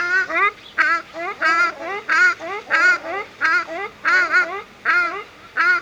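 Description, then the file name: Ruddy shelduck giving strong nasal, trumpeting honks in a steady series, roughly one and a half per second. Recorded at a zoo. "Artis, casarca - Sound Cloud - Beeld en Geluid"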